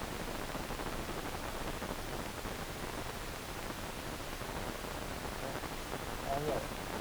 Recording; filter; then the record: brain microelectrode recording played as sound; wide band, above 20 Hz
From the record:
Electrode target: subthalamic nucleus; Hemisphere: left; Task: reaching with the right hand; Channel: 2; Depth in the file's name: 1.267 mm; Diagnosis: Parkinson's disease